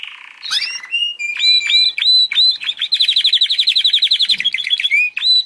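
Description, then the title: Canary song: varied chirps leading into a rapid rattling trill of sharp notes, then short whistled phrases. Canary singing actively (gacor); recording used as masteran, a model song for training other birds. "mster Mnuk. Suara Kenari Gacor - Masteran Kenari Gacor Full Isian HD"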